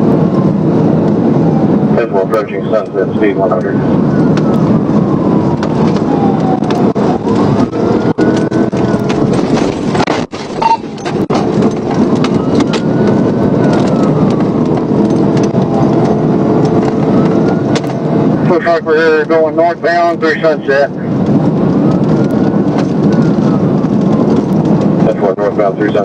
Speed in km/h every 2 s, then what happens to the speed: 166, 150, 114, 116, 126, 134, 147, 159, 167, 171, 167, 167, 169.
0-4 brakes to 114. 4-17 speeds up to 171. 17-26 steady at about 167.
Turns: none.